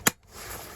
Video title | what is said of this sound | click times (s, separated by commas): 40v Greenworks Ebike Conversion part 2 | lock into place and you get a real nice fix in there um | 0.1 s